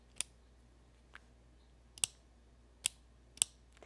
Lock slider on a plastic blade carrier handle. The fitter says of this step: you hear that click guys that is the unlock and lock click okay so